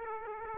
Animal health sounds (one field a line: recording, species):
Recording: mosquito wingbeat signal from an infrared sensor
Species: Aedes aegypti